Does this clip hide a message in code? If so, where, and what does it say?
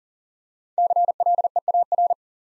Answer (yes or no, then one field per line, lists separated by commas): yes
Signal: Morse code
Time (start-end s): 0.8-2.1 s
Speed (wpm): 39 wpm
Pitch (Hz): 700 Hz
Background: none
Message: CLEAR